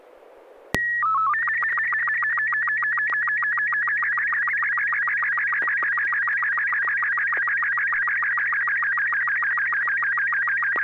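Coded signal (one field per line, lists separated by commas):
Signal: SSTV (slow-scan television)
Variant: Robot 36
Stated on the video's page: SSTV net on a 441.300 MHz FM repeater, images sent with MMSSTV.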